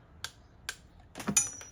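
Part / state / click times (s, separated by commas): torque wrench on spark plug in cylinder head / torque reached / 1.4 s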